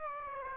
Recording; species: mosquito wingbeat signal from an infrared sensor; Aedes aegypti